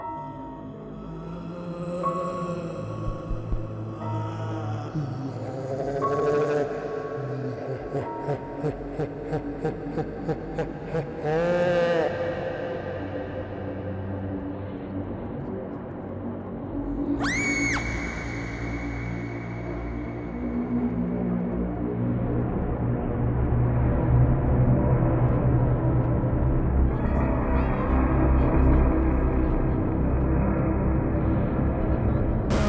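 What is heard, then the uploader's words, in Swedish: A slightly creepy, eerie sound piece built from low droning tones that swell and waver, with warbling pitch sweeps and ringing metallic tones around 6 and 12 seconds. A sharp bright chime cuts in near 17 seconds, then the drone thickens and grows louder toward the end. Lite creapy spökljud från oss.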